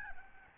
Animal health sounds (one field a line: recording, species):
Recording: mosquito wingbeat signal from an infrared sensor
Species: Aedes albopictus